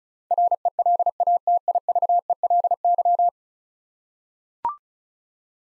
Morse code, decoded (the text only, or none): RELATIVELY